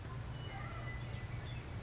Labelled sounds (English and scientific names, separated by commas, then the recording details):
Western Meadowlark (Sturnella neglecta)
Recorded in Sonoma County, California